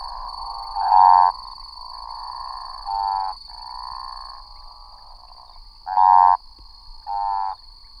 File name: Odontophrynus juquinha